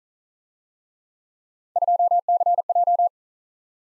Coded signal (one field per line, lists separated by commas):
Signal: Morse code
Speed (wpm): 39 wpm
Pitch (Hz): 700 Hz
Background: none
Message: 2CJ